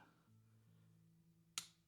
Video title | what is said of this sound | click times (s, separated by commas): Dropped A Valve, Serious Damage. Lets Fix It | there we go. Nice click as it releases. | 1.6 s